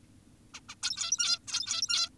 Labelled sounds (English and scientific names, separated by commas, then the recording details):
Zebra Finch (Taeniopygia guttata)
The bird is an adult
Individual g17y2U